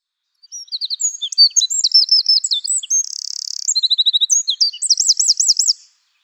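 Eurasian wren delivering an energetic, very high song of quick twittering phrases, a sharp rattling trill midway, and rolling looped notes at the close.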